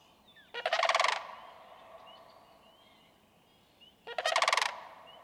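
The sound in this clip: Sandhill crane giving two rolling, purring bugles roughly three and a half seconds apart, with faint thin whistles of other birds in between.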